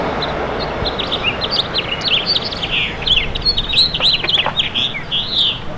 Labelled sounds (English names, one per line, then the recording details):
House Finch song
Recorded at Montauk on Long Island, New York, on 15 June 2013
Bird K